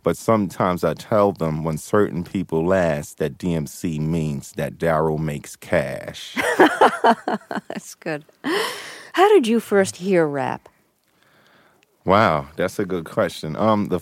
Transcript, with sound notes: But sometimes I tell them when certain people ask that D.M.C. means that Darryl Makes Cash.
(Laughter) That's good. How did you first hear rap?
Wow, that's a good question.